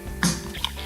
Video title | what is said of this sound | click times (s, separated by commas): MTX RZRSYSTEM3 Stereo System Installation | hear it snap when it's attached and it comes with four little nuts that you're gonna go ahead and tighten down | 0.2 s, 0.6 s